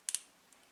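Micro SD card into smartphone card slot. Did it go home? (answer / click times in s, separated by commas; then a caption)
no / none. A micro SD card or its tray is pushed straight down into the side micro SD slot of a Nokia Lumia 720 smartphone. Two quick, bright, high-pitched ticks sound at about 0.1 s, followed by a faint tick near 0.5 s. Nothing has seated or clicked into place yet.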